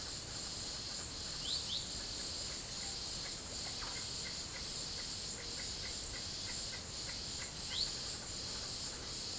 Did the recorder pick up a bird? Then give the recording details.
yes. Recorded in secondary vegetation near Puerto Asís, Putumayo, Colombia, on 21 December 2024 at 14:30. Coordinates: 0.489, -76.322. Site G059